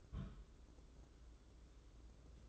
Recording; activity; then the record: daily activity, microphone in the room; place on stove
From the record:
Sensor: 3